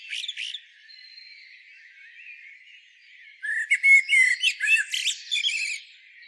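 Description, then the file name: Common blackbird: a brief squeak at the start, a soft thin whistle, then a dense burst of shrill squeaks and harsh chatter after three and a half seconds. "Turdus merula"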